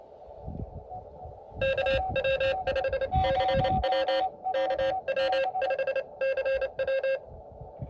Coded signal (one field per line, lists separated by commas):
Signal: Morse code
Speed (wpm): 28 wpm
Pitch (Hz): 540 Hz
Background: none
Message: KW5CW KW5CW